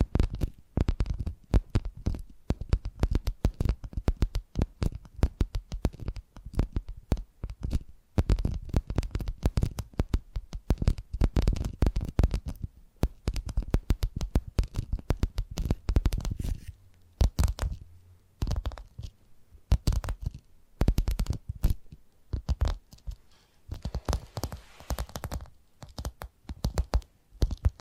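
Addictive tapping triggers: rapid, dense clusters of sharp taps and scratchy strokes, mostly continuous, with brief pauses near 17 and 20 seconds.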